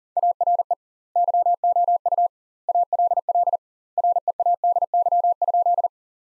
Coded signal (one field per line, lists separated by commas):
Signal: Morse code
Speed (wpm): 40 wpm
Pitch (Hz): 700 Hz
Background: none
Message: ARE YOU ALL READY?